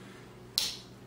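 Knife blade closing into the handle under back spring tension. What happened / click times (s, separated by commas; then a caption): The folding blade snapped shut into the handle / 0.6 s. The steel blade of a Great Eastern Cutlery Northfield American Jack slip joint pocket knife is folded shut, and its strong back spring snaps the blade home into the handle. After a quiet, steady background, a single sharp, bright snap rings out at 0.6 s and fades over about a quarter second. The blade closes fully with a strong snap.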